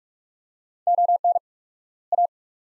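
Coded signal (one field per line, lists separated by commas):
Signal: Morse code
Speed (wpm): 46 wpm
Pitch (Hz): 700 Hz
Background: none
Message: ON A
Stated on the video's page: Morse practice drill at 45 wpm, sets of two words with 4x word spacing, a Farnsworth-like method, each followed by spoken words.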